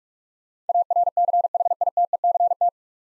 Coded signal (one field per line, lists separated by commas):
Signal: Morse code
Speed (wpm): 44 wpm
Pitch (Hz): 700 Hz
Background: none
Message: ARCHITECT